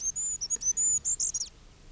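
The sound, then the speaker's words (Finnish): A goldcrest sings a rapid series of very high, thin, sibilant notes over about one and a half seconds, ending in a slight downward flourish, with no other sounds. “Hippiäinen, tiaisten sukulainen, on maamme pienin lintu.”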